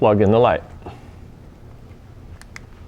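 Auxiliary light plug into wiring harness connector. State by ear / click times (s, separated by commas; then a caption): seated / 2.4 s, 2.6 s. Someone talks briefly, then the wiring connector of the left Clearwater Erica/Darla auxiliary light on a BMW R1200GS motorcycle is plugged into its mating plastic wiring harness connector. Two sharp clicks are heard at 2.4 s and 2.6 s as it latches, and the light connector is seated.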